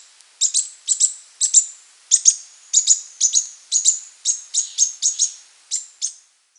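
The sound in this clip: Bird giving thin, high chirps, often doubled, in a steady series that stops shortly before the end, with a quiet background.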